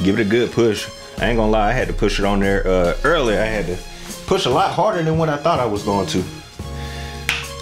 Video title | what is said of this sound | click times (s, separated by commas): Evenflo Omni Plus Modular Travel System - Assembly and First Impressions | But you push it on there, you should hear a nice little click like that. | 7.3 s